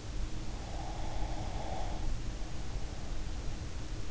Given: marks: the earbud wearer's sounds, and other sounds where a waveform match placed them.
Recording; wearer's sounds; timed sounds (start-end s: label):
sounds in sleep by an in-ear microphone; breath
0.59-3.42 s: breath